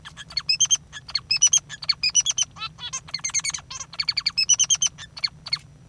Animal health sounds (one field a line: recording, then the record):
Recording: song of a male Bengalese finch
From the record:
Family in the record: father 3